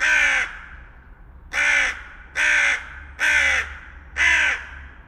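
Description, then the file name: Carrion crow giving five harsh, hoarse caws, each about half a second long, spaced roughly one second apart after a longer gap following the first, over a faint low rumble. "Corvus corone"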